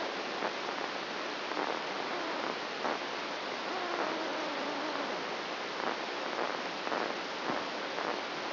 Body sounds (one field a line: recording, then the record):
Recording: brain microelectrode recording played as sound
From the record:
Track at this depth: outside the subthalamic nucleus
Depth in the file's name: 0.314 mm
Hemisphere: right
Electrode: 2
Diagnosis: Parkinson's disease